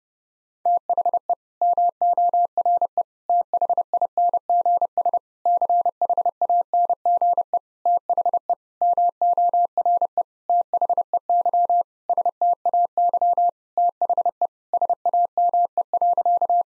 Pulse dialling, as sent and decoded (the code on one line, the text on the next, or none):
none